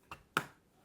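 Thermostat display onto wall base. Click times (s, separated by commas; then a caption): 0.4 s. A Google Nest Learning Thermostat display unit is pushed onto its wall-mounted base. A faint tap at 0.1 s is followed by a sharp, bright click at 0.4 s as the display clicks into place and seats on the base.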